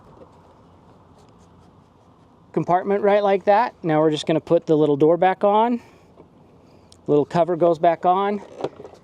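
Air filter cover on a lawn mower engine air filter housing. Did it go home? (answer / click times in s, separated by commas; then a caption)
no / none. A plastic air filter cover is pressed back onto the air filter housing of a Honda lawn mower engine after a new filter goes in, while someone talks over a low, steady background hum with a few faint ticks. The cover has not snapped or seated into place yet by the end of the clip.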